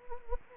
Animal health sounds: mosquito wingbeat signal from an infrared sensor; Anopheles gambiae

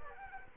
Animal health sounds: mosquito wingbeat signal from an infrared sensor; Culex quinquefasciatus

